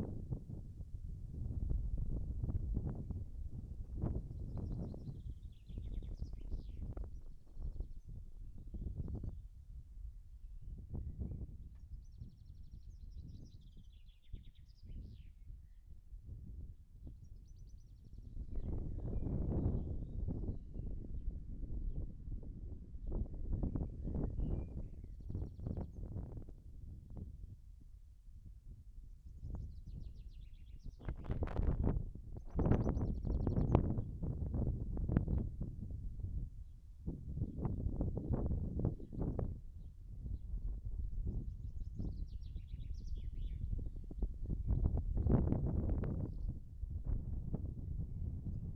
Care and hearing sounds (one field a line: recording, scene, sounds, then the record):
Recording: everyday scene through a hearing-aid microphone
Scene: wind on the microphone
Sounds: wind, birds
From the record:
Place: in front of a rural house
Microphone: behind the ear, right, rear